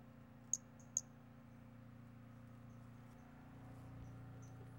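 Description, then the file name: Pumpkin toadlet calling with two sharp, high, clicky notes about half a second apart near the start, then only faint ticks and a low constant hum. Individual 08, one animal, collected as museum specimen MHNCI 10297. "Brachycephalus albolineatus individual 08 example 04 collected MHNCI 10297"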